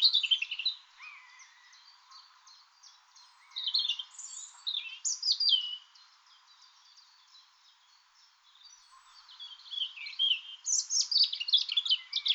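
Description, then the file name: European robin singing several high phrases of rapid trills and thin whistles, separated by quiet gaps. "Erithacus rubecula"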